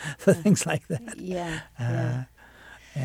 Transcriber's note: laughing